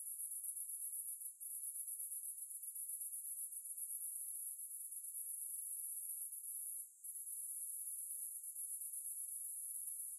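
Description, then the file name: Cicada, a continuous high, hissing drone that briefly cuts out twice, around one and a half and seven seconds, then resumes at the same pitch. "Ambience Cicades"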